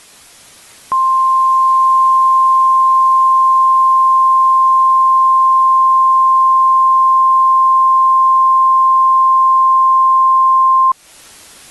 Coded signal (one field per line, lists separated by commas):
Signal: Emergency Alert System (SAME) tones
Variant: 1050 Hz attention tone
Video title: *VALID TONES* EAS Scenario: Weather Disaster